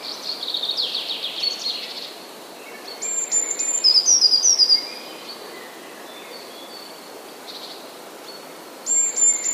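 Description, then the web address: Eurasian blue tit delivering one song of sharp high notes and a rapid trill, with faint thin calls before it and another song beginning at the end. "wroblowe teka spiew. modraszkoteka"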